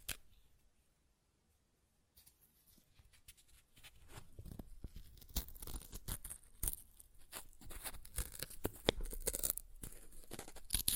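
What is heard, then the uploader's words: Paper is ripped and torn in crisp, crackling bursts. After a near-silent opening of about two seconds, the tearing starts sparse and grows steadily denser and louder, becoming a continuous rough, bright ripping with sharp snaps through the last several seconds. ASMR Paper Ripping Tearing Sounds (No Talking).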